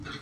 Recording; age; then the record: pig call; growing-finishing pig (85 days or more)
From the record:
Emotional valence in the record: positive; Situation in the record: run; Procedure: transit